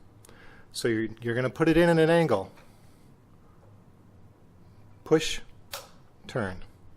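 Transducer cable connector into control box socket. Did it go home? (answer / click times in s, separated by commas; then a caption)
no / none. A transducer cable's twist-lock connector is pushed at an angle into a control box socket and turned while someone talks, with brief handling sounds in the pauses. Nothing has seated or clicked yet.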